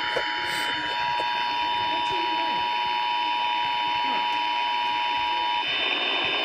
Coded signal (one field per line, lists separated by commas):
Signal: Emergency Alert System (SAME) tones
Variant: 853 and 960 Hz attention tone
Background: speech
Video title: EAS #82 Required Monthly Test